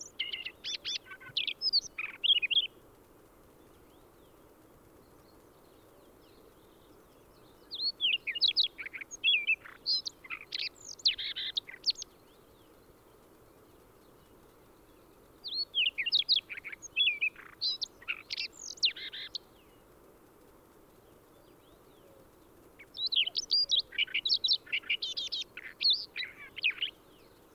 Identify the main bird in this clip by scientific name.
Luscinia calliope